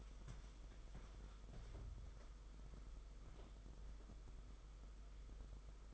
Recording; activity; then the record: daily activity, microphone in the room; walk to room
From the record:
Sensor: 5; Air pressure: 991.3 hPa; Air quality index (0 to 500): 93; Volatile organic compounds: 12 ppm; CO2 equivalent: 2350 ppm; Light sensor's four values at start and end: 35/114/43/46 and 36/118/44/47